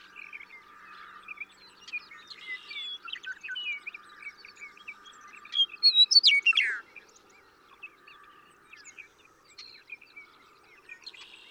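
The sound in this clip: Western meadowlark song: a single loud phrase of sweeping, falling whistles midway, amid many softer chirps and trills.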